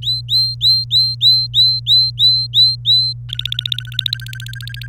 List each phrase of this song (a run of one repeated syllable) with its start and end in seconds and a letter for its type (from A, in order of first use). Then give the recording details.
0.02-3.13 A, 3.29-4.87 B. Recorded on 26 April 2018 at 16:08. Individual llb3